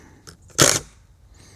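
A drill drives a composite deck screw with a pre-cut head further into a composite deck board over plywood, with a loud, broadband burst of whirring grind from about 0.6 to 0.8 s. Sharp hits land at 0.6 s and 0.7 s as the screw sinks a little deeper and then strips out. Faint ticks come before and after.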